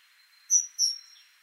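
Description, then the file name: Great tit call, two sharp high notes in quick succession over a faint continuous insect hum. "Parus major"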